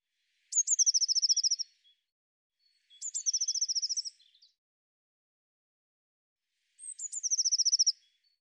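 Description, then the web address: Eurasian blue tit repeating its song three times: sharp high introductory notes, then a quick rattling trill, with a long quiet gap before the last phrase. "cianscape birddata Deverinetal 2025 File cleaned normalized Bird Cy Ca"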